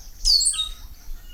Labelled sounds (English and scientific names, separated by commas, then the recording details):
Stitchbird (Notiomystis cincta) song
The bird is a male
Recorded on Tiritiri Matangi Island, New Zealand, in 2005
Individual 5, of nest box 6